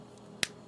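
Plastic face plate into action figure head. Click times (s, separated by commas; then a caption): 0.4 s. A plastic face plate is pressed into the head of a D-Arts Metabee (Medabots) action figure during a face swap. A single sharp snap is heard at 0.4 s over a quiet background. The face plate is seated and stays in place.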